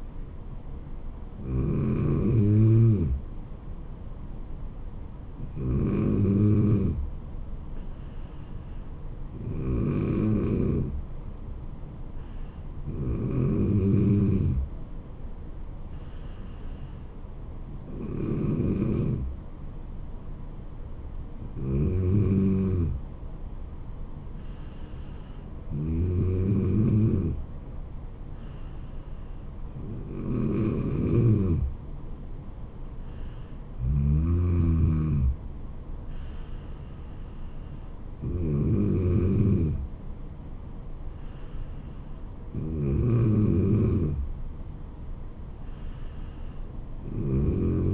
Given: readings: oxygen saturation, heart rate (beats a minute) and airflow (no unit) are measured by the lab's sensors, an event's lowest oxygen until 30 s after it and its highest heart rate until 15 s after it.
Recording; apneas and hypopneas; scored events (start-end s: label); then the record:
breathing in sleep by a smartphone at the bedside; 1
12.00-47.93 s: new sleep stage, N2 (light sleep)
15.00-36.40 s: hypopnea (N2, oxygen 94% highest, then 94% lowest, heart rate 74 at the start, 76 highest)
From the record:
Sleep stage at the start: N3 (deep sleep); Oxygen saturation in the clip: 94%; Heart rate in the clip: 69 to 76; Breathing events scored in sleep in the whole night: 426 in 7.4 hours asleep